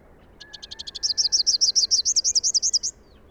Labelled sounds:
Rufous-capped Warbler song
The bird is a male
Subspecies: rufifrons
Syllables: 23
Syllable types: 4
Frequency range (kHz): 3.0-6.8 kHz
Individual YA-GYS-M

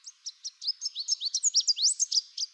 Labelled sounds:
Chestnut-capped Warbler song
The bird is a male
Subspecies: delattrii
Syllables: 16
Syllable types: 11
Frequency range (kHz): 3.0-8.0 kHz
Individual CR-SBOG-M

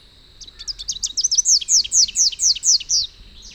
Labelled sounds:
Rufous-capped Warbler song
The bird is a male
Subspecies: rufifrons
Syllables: 21
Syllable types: 7
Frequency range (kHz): 2.4-7.6 kHz
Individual UJ-RYS-M

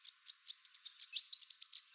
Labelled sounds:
Chestnut-capped Warbler song
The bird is a male
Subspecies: delattrii
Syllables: 13
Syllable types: 9
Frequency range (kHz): 3.7-8.6 kHz
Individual CR-NOYS-M

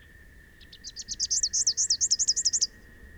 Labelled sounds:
Rufous-capped Warbler song
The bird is a male
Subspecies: rufifrons
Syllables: 20
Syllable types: 6
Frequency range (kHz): 2.6-7.7 kHz
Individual SP-NWBS-M

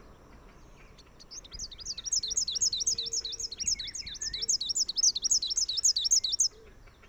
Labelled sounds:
Rufous-capped Warbler song
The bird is a male
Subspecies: rufifrons
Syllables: 47
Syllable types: 7
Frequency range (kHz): 1.9-8.3 kHz
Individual AR-RSR-M

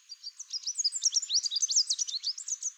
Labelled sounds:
Chestnut-capped Warbler song
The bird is a male
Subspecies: delattrii
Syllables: 23
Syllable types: 19
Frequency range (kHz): 3.0-8.7 kHz
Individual CR-YSN-M

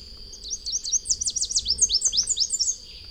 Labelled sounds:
Chestnut-capped Warbler song
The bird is a male
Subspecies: delattrii
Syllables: 16
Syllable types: 7
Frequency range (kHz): 3.0-9.3 kHz
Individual FV-D31-M

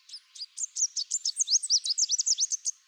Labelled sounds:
Chestnut-capped Warbler song
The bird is a male
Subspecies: delattrii
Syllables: 19
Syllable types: 16
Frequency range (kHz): 3.4-9.5 kHz
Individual CR-RWS-M

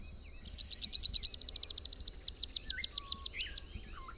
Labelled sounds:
Rufous-capped Warbler song
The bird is a male
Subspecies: rufifrons
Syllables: 29
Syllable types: 5
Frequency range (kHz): 2.9-7.5 kHz
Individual YA-YRS-M

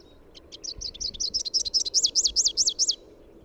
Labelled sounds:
Rufous-capped Warbler song
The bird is a male
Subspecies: rufifrons
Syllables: 19
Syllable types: 6
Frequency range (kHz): 3.1-7.9 kHz
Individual YA-GYS-M

